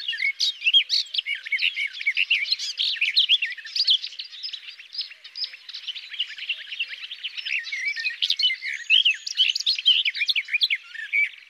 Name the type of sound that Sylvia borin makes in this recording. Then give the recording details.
song. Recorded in the wild. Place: Waltershofen / Freiburg im Breisgau, Baden-Württemberg, DE. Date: 2009-05-10. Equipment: MiniDisc Sharp MT 20 H. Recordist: Schwarz, Dieter